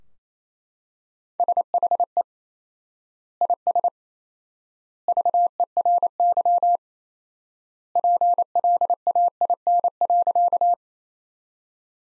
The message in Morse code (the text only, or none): SHE IS VERY PLAIN.